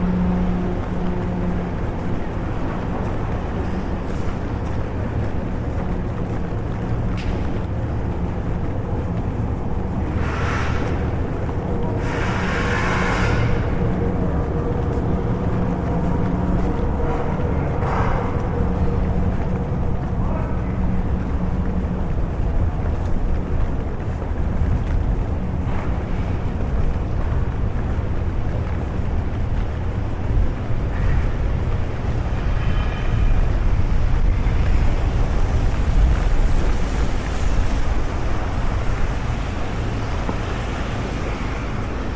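A walk through London in the rain, filled with a steady, dense wash of low traffic rumble and hiss. Bright rushing bursts stand out around 10 to 13 seconds, with fainter ones later, and the sound swells slightly near 35 seconds.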